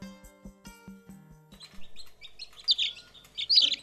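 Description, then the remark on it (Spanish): Newly hatched chicks at a chicken farm chirping in high, rapid peeps that grow louder and busier toward the end, after an opening stretch of low, rhythmic clucking pulses. “Pocos meses después, los pollitos salían de sus cascarones.”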